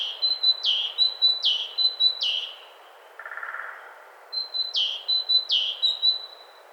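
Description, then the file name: Great tit giving repeated two-part phrases, high level whistle then a quick downward slur, broken by a short pause with a soft low rasping noise before singing resumes. "Parus major"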